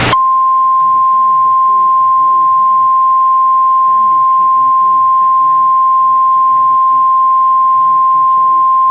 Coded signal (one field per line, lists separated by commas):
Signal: Emergency Alert System (SAME) tones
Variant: 1050 Hz attention tone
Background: speech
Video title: [EAS RECREATIONAL MOCK] - Greene and Craighead County Disaster